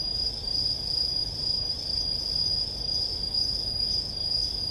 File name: aomatumusi